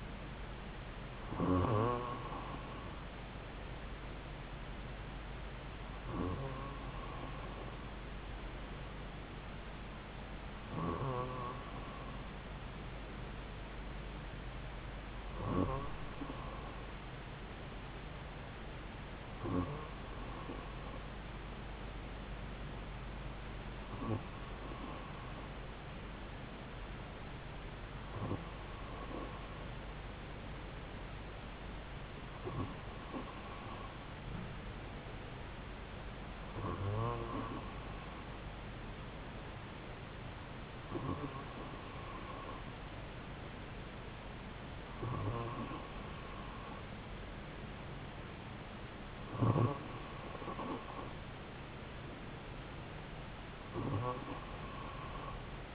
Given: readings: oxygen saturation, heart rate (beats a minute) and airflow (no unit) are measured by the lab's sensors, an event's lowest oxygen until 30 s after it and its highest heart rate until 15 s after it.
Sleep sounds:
breathing in sleep by a voice recorder at the bedside; none
none scored
From the record:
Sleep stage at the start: N2 (light sleep); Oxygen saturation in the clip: 94 to 95%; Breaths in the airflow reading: 13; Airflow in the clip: -2.6 to 2.5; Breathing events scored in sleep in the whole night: 270 in 6.1 hours asleep

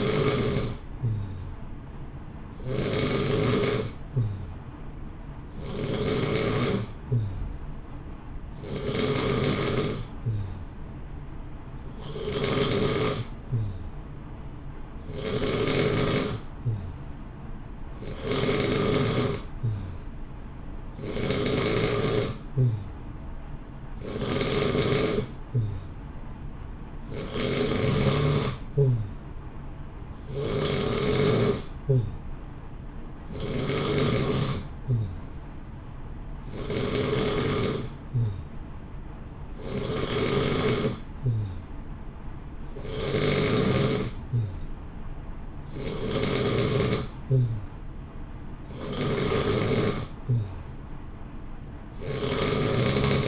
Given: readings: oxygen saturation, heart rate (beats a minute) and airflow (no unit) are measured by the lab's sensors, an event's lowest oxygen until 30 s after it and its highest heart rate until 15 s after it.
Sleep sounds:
breathing in sleep by a smartphone at the bedside; none
none scored
From the record:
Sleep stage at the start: N2 (light sleep); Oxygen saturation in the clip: 89 to 90%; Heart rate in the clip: 59 to 63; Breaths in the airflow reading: 17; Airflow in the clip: -0.8 to 0.8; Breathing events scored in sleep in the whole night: 328 in 6.3 hours asleep

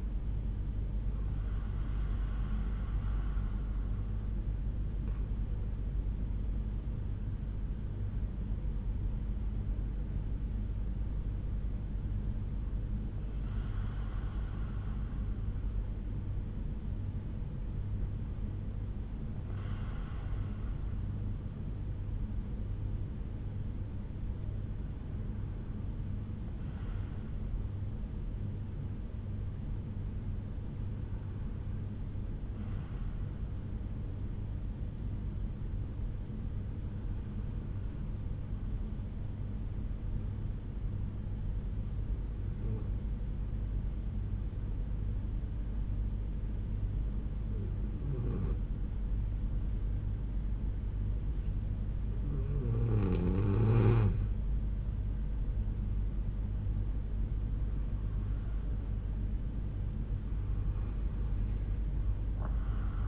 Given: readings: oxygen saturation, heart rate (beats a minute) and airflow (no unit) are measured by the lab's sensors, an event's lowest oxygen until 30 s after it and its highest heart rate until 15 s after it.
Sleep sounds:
breathing in sleep by a smartphone at the bedside; 1
18.00-52.80 s: hypopnea (N2, oxygen 97% highest, then 90% lowest, heart rate 62 at the start, 73 highest)
From the record:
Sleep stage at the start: N2 (light sleep); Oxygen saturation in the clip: 90 to 97%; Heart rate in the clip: 60 to 73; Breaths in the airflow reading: 12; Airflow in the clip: -6.8 to 7.6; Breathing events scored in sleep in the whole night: 368 in 8.0 hours asleep

